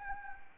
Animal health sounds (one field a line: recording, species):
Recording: mosquito wingbeat signal from an infrared sensor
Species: Anopheles gambiae